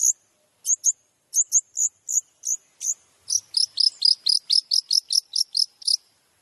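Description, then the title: Long-tailed shrike song: high, sharp notes at first spaced apart, then a faster run of many chirps in quick succession. Song used as training material (masteran) for any other long-tailed shrike, full of 'tembakan' phrases. "MASTERAN CENDET FULL TEMBAKAN"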